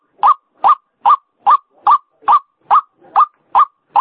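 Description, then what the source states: White-breasted waterhen giving ten loud grating croaks in a very regular sequence, roughly two and a half notes per second. Female bird; call used as a lure sound for attracting waterhens; local name ruak-ruak.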